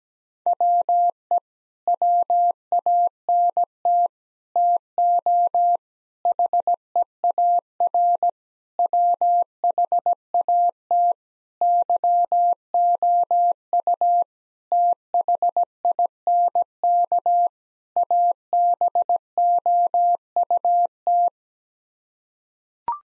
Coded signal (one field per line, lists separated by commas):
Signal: Morse code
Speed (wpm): 17 wpm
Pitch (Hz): 700 Hz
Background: none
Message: WE WANT TO HEAR WHAT YOU THINK ABOUT